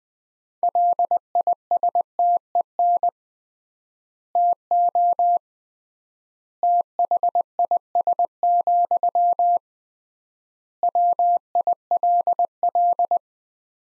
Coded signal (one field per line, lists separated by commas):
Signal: Morse code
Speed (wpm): 20 wpm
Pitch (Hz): 700 Hz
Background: none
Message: LISTEN TO THIS, WILL